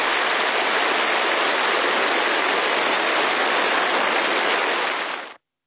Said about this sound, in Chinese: 每一项表决选举结果宣布时，现场都响起热烈掌声。